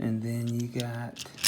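A snap-in wheel center cap is handled at the wheel of an 83 Chevy, and nothing has seated or clicked yet. Someone talks throughout, with a few faint handling taps near the end.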